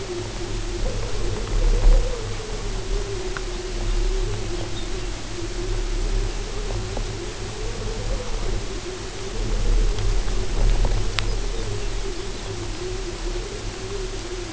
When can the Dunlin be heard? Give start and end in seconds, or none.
none